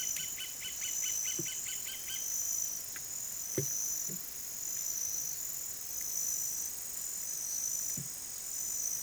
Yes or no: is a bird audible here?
yes